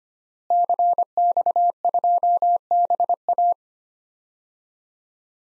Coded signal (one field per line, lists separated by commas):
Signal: Morse code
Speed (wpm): 25 wpm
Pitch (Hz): 700 Hz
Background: none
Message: CX2BA